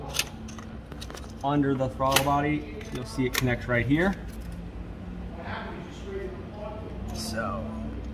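The smaller upper evap hose connector is being handled under the throttle body of a 2013–2020 Ford Fusion 2.0L EcoBoost during a purge valve replacement, ready to be pushed back onto its fitting. Someone talks while faint handling taps and rattles are heard. Nothing has seated or clicked yet.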